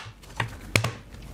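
The two plastic halves of a DaVinci Resolve Speed Editor video-editing keyboard controller's housing are pressed together so the edge clips snap into place. Sharp plastic snaps are heard at 0.4 s and 0.8 s, the second being the loudest, with a softer snap just after it. The case clips seat together.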